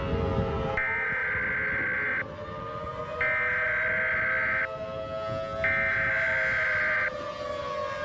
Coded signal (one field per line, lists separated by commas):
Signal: Emergency Alert System (SAME) tones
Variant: header bursts